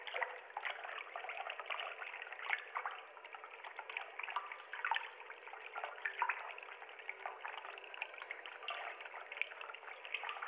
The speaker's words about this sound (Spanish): Y estás sentada justo en el borde. De hecho, ese sonido lo estás haciendo tú, jugando con los pies en el agua.